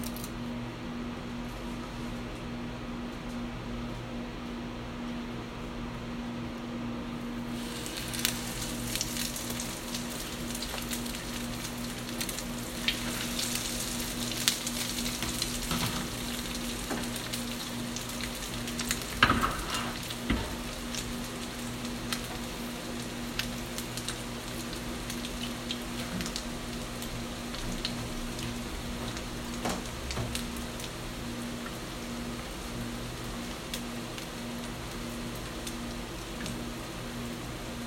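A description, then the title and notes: Menchi katsu frying in oil: a steady, dense sizzle that brightens noticeably after about eight seconds and keeps up to the end. Scattered sharp pops and crackles break through, strongest around fifteen and nineteen seconds, over a constant low hum. Frying Menchi Katsu (Japanese Ground Meat Cutlet).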